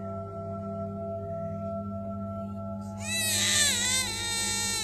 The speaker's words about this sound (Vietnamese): Tiếng trẻ con khóc như xé toang cả không gian.